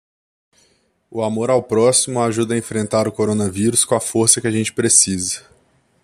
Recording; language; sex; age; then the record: spoken sentence; Brazilian Portuguese; male; 20 to 29 years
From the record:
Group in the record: control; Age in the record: 26 years